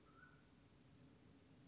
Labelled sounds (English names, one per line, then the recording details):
Mountain Quail
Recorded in Sonoma County, California